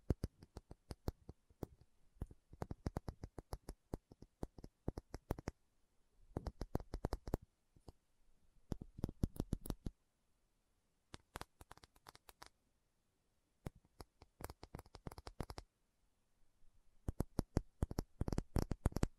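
Tapping in quick bursts of sharp, crisp hits, each run lasting a couple of seconds before a short pause, then starting again. The taps are fast and slightly uneven, with a faint hiss between them and a steady rhythm of stop-and-start throughout.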